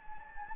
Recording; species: mosquito wingbeat signal from an infrared sensor; Anopheles gambiae